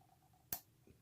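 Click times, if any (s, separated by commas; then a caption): 0.5 s. A plastic propeller retainer on a SYMA X8C drone motor shaft is twisted back to lock the propeller in place. A single sharp, broadband click sounds at 0.5 s against a quiet background, followed by a faint low thump near 0.9 s. The retainer is seated and locked.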